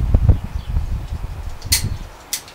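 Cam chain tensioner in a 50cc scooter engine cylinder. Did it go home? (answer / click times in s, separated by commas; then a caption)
yes / 1.7 s, 2.3 s. The cam chain tensioner in the 50cc 139QMB engine cylinder of a Racer Salut scooter is fitted with its spring while its bolt is tightened, with low handling and rumble noise at the start. Sharp, bright ratchet clicks ring out at 1.7 s and 2.3 s as the tensioner engages and keeps catching under the tightening bolt. The tensioner is seated.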